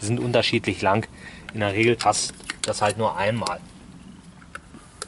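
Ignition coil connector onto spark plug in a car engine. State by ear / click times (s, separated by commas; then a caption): not seated / none. In a Fiat Punto engine, an ignition coil plug connector is handled over a spark plug while someone talks for most of the clip. Two brief sharp ticks sound near the end, around 4.6 and 5.0 seconds, but nothing has seated or clicked yet.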